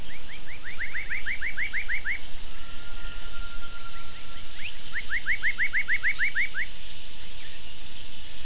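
Gibbon calling in two quick runs of short notes, with a long thin steady tone between them, over constant low rumbling background noise.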